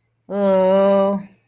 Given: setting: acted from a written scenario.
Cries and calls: vocal sound without words; distress

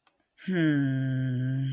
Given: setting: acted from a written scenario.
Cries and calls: vocal sound without words; neutral

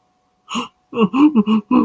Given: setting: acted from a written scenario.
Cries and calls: vocal sound without words; sadness

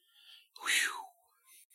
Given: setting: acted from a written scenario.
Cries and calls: vocal sound without words; relief

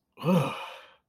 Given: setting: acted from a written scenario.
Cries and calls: vocal sound without words; disgust

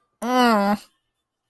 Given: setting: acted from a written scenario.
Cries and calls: vocal sound without words; disappointment

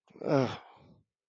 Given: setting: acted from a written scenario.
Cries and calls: vocal sound without words; shame

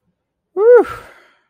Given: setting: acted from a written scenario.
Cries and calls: vocal sound without words; relief

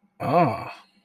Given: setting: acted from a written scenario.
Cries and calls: vocal sound without words; realization

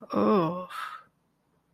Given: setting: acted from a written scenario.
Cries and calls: vocal sound without words; shame

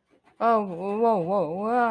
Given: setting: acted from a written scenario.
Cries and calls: vocal sound without words; distress

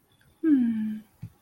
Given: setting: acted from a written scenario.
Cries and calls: vocal sound without words; adoration

